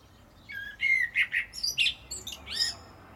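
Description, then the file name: Common blackbird with a warbled phrase of fluted whistles that climbs into thin, squeaky high notes. "Turdus merula"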